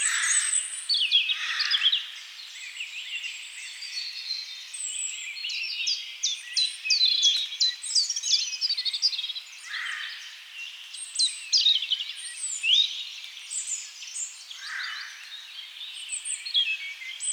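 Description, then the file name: European robin song, a long run of high varied phrases, thin whistles and fast tinkling trills, with several short pauses. "Erithacus rubecula"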